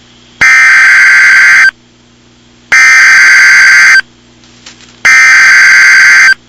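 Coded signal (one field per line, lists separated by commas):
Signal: Emergency Alert System (SAME) tones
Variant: header bursts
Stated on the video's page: Fictional mock EAS scenario, not a real alert.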